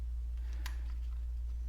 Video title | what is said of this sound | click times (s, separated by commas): Dewalt DCS369 Compact Reciprocating Saw Tutorial and Blade Change | don't know if the camera picked that up, but it kind of clicked into place. That's how you know it's seated. | 0.7 s